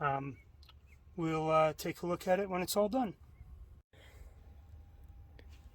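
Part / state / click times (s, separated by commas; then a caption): brake caliper external retainer spring clip into caliper/bracket / seated / 5.4 s. Someone talks while a new external metal retainer spring clip is pressed two-handed over the brake caliper of a 2014 BMW 535i xDrive F10 during a PowerStop brake pad and rotor job; the clip needs no bolts or clips. After a quieter stretch of handling noise, one sharp snap at 5.4 s marks the clip seating in place over the caliper.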